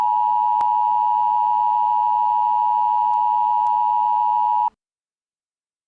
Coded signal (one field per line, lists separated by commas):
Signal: Emergency Alert System (SAME) tones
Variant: 853 and 960 Hz attention tone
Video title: The Silence Above An EAS Scenario #1